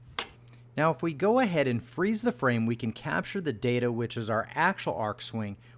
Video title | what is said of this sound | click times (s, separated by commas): New Craftsman V-Series Tools High Quality or High Failure Not USA Made | so we'll wait for it and listen for that click | 0.2 s